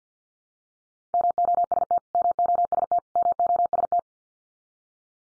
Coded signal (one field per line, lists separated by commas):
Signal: Morse code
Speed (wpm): 48 wpm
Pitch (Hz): 700 Hz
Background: none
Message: MOST MOST MOST